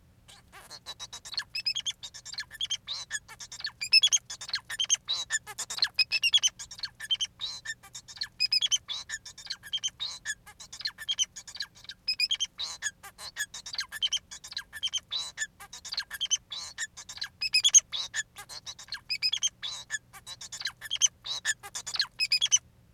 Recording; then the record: song of a male Bengalese finch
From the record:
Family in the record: son of father 4